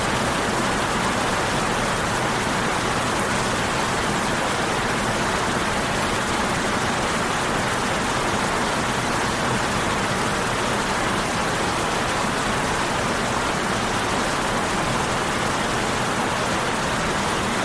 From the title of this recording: Rain Sounds